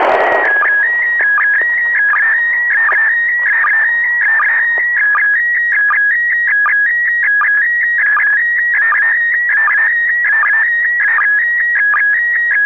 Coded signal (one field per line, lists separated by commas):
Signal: SSTV (slow-scan television)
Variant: PD 180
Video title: SSTV decoding from ISS pass